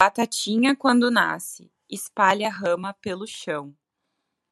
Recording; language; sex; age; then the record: short text; Brazilian Portuguese; female; 20 to 29 years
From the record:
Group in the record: control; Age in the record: 29 years